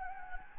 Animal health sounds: mosquito wingbeat signal from an infrared sensor; Anopheles gambiae

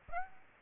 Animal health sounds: mosquito wingbeat signal from an infrared sensor; Aedes aegypti

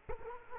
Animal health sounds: mosquito wingbeat signal from an infrared sensor; Culex quinquefasciatus

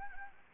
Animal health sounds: mosquito wingbeat signal from an infrared sensor; Anopheles gambiae

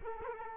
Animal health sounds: mosquito wingbeat signal from an infrared sensor; Culex quinquefasciatus

